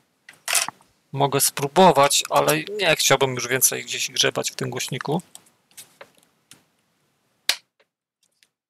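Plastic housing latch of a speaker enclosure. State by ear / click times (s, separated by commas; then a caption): released / 7.5 s. A plastic housing latch on a PLATINET PMGQ15 Bluetooth speaker enclosure is pried apart while someone talks, and a few faint taps and creaks follow. A loud, sharp snap comes at 7.5 s as the case latch snaps and releases.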